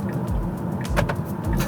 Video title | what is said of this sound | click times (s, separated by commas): On a ESSAYÉ la nouvelle TESLA Model 3 Performance ! On répond à vos questions ft. @davidnogueira_TechNogueira | Les gens l'ont peut-être pas vu, mais on a peut-être entendu le petit clic. | 1.1 s